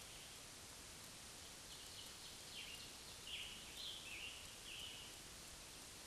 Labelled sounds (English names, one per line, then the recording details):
Scarlet Tanager song
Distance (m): 65 m
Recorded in a Pennsylvania forest on 1 June 2023 at 08:08
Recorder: AudioMoth, point grid3_32_low
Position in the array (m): 164 m, 141 m